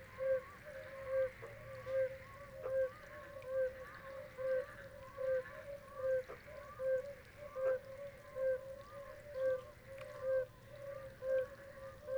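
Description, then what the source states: Oriental fire-bellied toads giving gentle repeated notes roughly every second in a regular rhythm, other toads calling faintly behind. Several toads singing at Xi Shan, 18 April 2026, 19:20.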